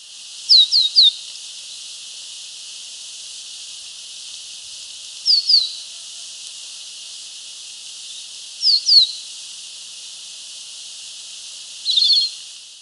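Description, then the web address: Hooded siskin giving short, high, descending call notes in quick clusters of two or three. The clusters are spaced several seconds apart over a faint steady hiss. Recorded in Ecuador. "Birds of Ecuador. Hooded Siskin"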